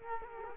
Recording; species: mosquito wingbeat signal from an infrared sensor; Culex quinquefasciatus